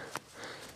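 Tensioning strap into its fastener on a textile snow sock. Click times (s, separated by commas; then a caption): 0.2 s. A tensioning strap on a Michelin Easy Grip Evo textile snow sock is latched into its fastener after the sock has been fitted. A sharp, short click is heard at 0.2 s against a quiet background, and the strap is seated.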